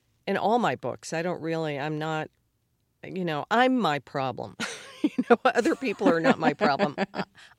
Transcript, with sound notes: in all my books, I don't really - I'm not - you know, I'm my problem.
(LAUGHTER)
You know, other people are not my problem.